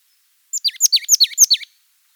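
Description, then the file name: Marsh tit call: a quick string of several sharp, high notes that drop in pitch, lasting just over a second. "parus palustris"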